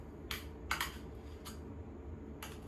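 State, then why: Not seated. An extension section of a cleaning tool handle is handled and fitted toward the handle, giving short bright clicks and rattles at about 0.3, 0.7 and 0.8 s, with fainter taps near 1.5 and 2.4 s over a low steady hum. Nothing has seated or locked yet by the end of the clip.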